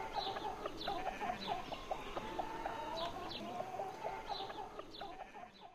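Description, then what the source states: Chicken clucking in a rapid, uneven string of short notes. Village farm.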